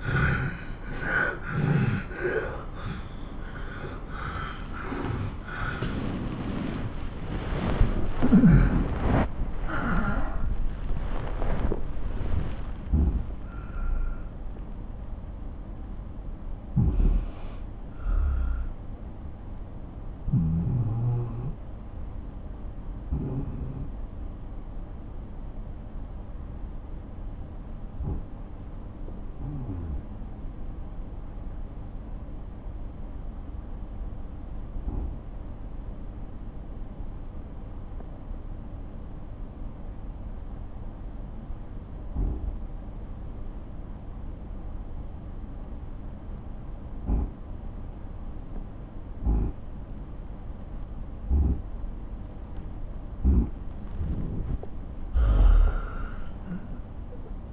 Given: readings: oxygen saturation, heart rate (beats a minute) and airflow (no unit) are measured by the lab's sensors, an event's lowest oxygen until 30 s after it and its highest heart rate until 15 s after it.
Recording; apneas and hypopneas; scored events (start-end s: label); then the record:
breathing in sleep by a smartphone at the bedside; 1
5.00-35.00 s: new sleep stage, N1 (lightest sleep)
14.00-50.40 s: obstructive apnea (N1, oxygen 97% highest, then 83% lowest)
35.00-57.53 s: new sleep stage, N2 (light sleep)
From the record:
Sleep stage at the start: N2 (light sleep); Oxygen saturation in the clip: 83 to 97%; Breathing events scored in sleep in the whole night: 217 in 6.3 hours asleep